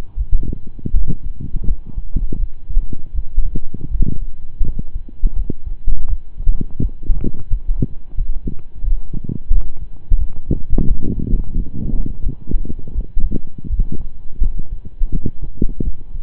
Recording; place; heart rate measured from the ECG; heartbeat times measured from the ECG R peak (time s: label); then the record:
heart sounds by stethoscope; between the tricuspid and mitral areas; 84 bpm
0.15 s: heartbeat
0.92 s: heartbeat
1.65 s: heartbeat
2.37 s: heartbeat
3.12 s: heartbeat
3.89 s: heartbeat
4.62 s: heartbeat
5.33 s: heartbeat
6.06 s: heartbeat
6.79 s: heartbeat
7.47 s: heartbeat
8.15 s: heartbeat
8.81 s: heartbeat
9.48 s: heartbeat
10.16 s: heartbeat
10.85 s: heartbeat
11.52 s: heartbeat
12.21 s: heartbeat
12.93 s: heartbeat
13.67 s: heartbeat
14.40 s: heartbeat
15.10 s: heartbeat
15.82 s: heartbeat
From the record:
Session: slow and fast walking with breaks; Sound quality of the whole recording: saturated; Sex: male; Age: 25 years